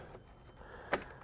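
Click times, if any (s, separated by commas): 0.9 s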